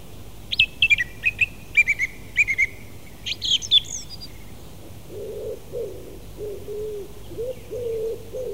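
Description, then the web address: Song thrush phrases of sharp, repeated high notes in short bursts, followed by a soft low cooing from another bird. "fugler maaltrost"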